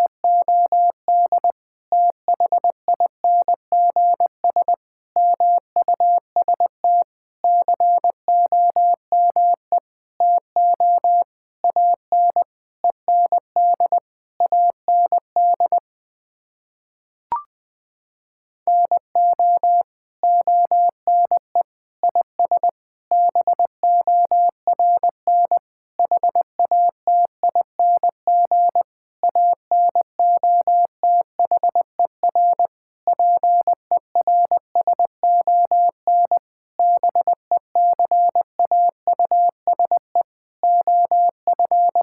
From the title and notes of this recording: First, the words are sent in Morse code. Finally, it is sent again in Morse code.